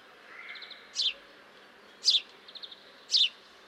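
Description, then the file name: House sparrow giving three loud descending chirps roughly once a second, with quick faint ticking notes between them. "Passer domesticus"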